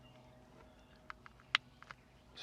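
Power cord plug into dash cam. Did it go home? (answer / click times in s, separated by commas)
yes / 1.6 s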